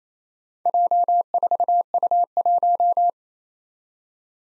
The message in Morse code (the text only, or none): J4U1